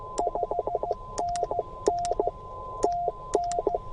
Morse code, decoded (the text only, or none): 5NN TN